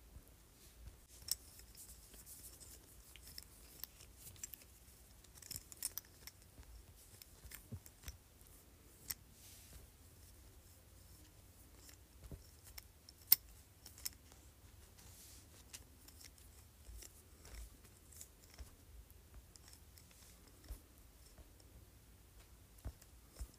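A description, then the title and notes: A jade roller in use, heard as a quiet, continuous run of small clicks and ticks over a low, steady hum. The taps come irregularly, several per second at times, with a few sharper, brighter clicks near 9, 13 and 23 seconds. ASMR Jade Roller.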